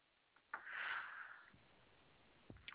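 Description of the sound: A single muffled sneeze from an adult: a sudden burst followed by a hissing rush of air that fades over about a second. The rest of the moment is quiet room tone, with no speech.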